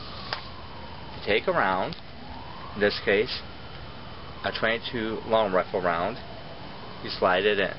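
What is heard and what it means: The metal loading gate on the frame of a Heritage Rough Rider single-action rimfire revolver is swung open, giving a single sharp click at 0.3 s. Someone then talks in short bursts over a low steady background hum.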